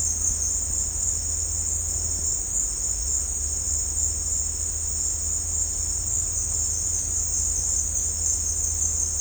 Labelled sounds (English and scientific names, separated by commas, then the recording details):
none
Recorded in dense forest near Puerto Asís, Putumayo, Colombia, on 20 December 2024 at 16:30
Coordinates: 0.466, -76.327
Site G075